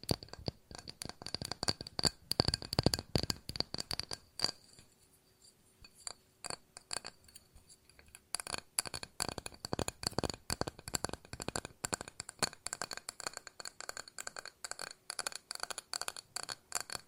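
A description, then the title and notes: Glass is tapped in quick, irregular clusters of sharp clicks and clinks, with a bright ringing tone hanging over much of the clip. The tapping is dense for the first four seconds, nearly stops until about eight seconds, then resumes steadily to the end. ASMR No Talking Glass Tapping and Ringing Sounds.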